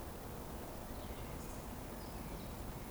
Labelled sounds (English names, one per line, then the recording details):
Eurasian Woodcock whistle
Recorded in Baden-Württemberg, Germany, on 25 June 2020 at 19:48 UTC
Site 14569, 102 m above sea level